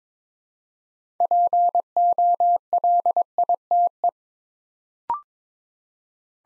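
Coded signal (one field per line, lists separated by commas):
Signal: Morse code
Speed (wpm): 22 wpm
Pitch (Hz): 700 Hz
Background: none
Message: POLITE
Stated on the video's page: Build-a-word practice drill at 22 wpm, copying 6-letter words three letters at a time to build instant character recognition.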